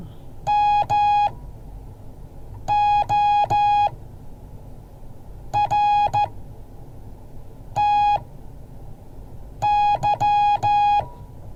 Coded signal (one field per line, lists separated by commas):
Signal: Morse code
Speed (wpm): 14 wpm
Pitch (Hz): 830 Hz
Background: music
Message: MORTY